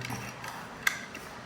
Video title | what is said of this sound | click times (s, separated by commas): special உண்டியல் | மூணு time நம்ம பண்ணிட்டோம் லாக் ஆயிடுச்சு இப்ப மறுபடியும் ஒரு 30 டைம் திருவனும் 30 | 0.9 s